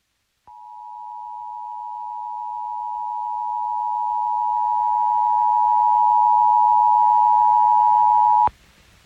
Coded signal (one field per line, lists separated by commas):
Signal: Emergency Alert System (SAME) tones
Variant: 853 and 960 Hz attention tone